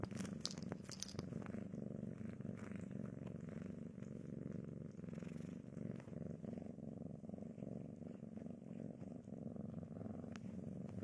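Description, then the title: Cat purring in a continuous even rumble, with a few sharp clicks near the start and end. Domestic cat heard eating, sleeping and playing. "正经的猫片：猫咪进食、睡觉、玩耍的声音"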